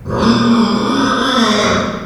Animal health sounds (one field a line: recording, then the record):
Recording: squeal of a Yucatan mini pig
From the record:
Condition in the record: after surgery on the right vocal fold (resection and tissue-engineered implant)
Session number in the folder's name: 15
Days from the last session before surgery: 175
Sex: female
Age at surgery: 19 weeks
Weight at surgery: 25 kg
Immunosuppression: prednisolone